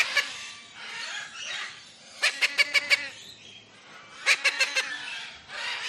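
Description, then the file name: Lilac-crowned amazon uttering two rapid runs of four or five clipped, harsh squawks, over continuous chattering and calling of other birds. Captive bird squawking close up in a large tropical aviary, with other parrots and doves calling in the background. "zapsplat. tropical large avery parrots doves in bg one lilac crowned amazon parrot close up squawks"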